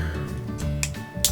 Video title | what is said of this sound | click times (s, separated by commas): Chinese Super Alloy Ares (LEGO-style Liokaiser) from QMAN | that one that one has a nice click to it that's all right | 0.8 s, 1.2 s